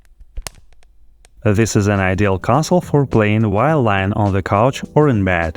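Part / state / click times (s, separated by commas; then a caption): screen hinge of a clamshell handheld game console / seated / 0.5 s. The plastic clamshell screen of a Miyoo Flip V2 handheld game console is swung on its hinge and locks into one of its three positions with a sharp click at 0.5 s, among a few faint ticks in the first 1.3 s. From about 1.4 s, someone talks.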